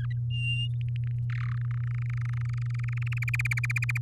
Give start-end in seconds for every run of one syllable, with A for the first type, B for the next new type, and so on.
1.30-1.55 A, 1.57-3.19 B, 3.22-3.98 C